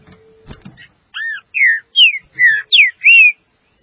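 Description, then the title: Green-winged saltator giving a phrase of six clear whistled notes, arched then falling slurs, after a short clatter of knocks and a low hum. "Trinca Ferro"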